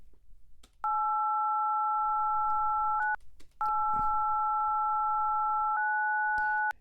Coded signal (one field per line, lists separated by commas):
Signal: DTMF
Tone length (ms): 1570 ms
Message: 89 89